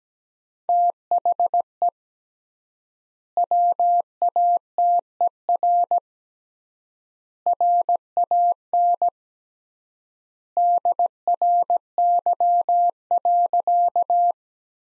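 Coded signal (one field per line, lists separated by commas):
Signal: Morse code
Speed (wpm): 17 wpm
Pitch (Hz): 700 Hz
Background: none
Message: THE WATER RAN DRY.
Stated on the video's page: Morse code practice sentences from the top 500 words at 17 wpm with 3x standard word spacing.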